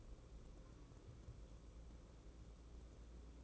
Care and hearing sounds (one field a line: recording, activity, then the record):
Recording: daily activity, microphone in the room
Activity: take from stove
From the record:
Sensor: 1